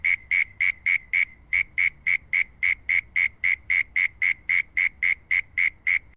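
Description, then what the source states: Frog calling with short, clear whistled notes near one steady pitch, repeated steadily about four times per second, with faint low background hum. Unknown Australian frog species.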